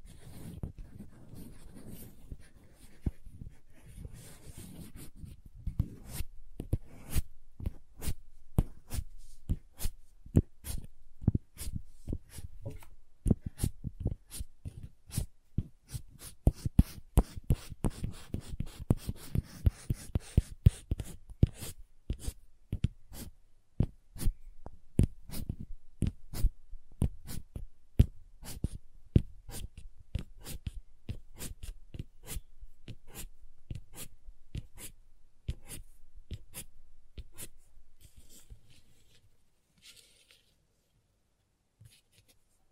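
Crayons tap and scratch against paper in a busy run of sharp clicks, some quick and clustered, others spaced apart. Around the middle the strokes grow heavier with a low scraping rub underneath. Toward the end the tapping thins out and fades.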